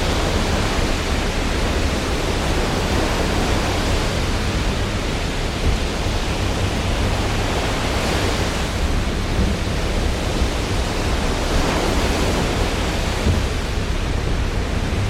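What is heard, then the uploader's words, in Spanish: Storm wind roars at sea while rain pounds a steel hull, merging into one thick, unbroken rush with a heavy low rumble underneath. The roar stays steady throughout, swelling slightly around the eight- and twelve-second marks. Mar Tormentoso | Ruido Blanco, Viento, Lluvia. Sube a bordo de un imponente carguero que se enfrenta a las tempestuosas aguas del Atlántico Norte. Con velocidades de viento rugiendo a impresionantes 70-80 nudos y la lluvia golpeando implacablemente el casco de acero.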